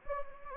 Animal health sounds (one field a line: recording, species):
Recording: mosquito wingbeat signal from an infrared sensor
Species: Anopheles gambiae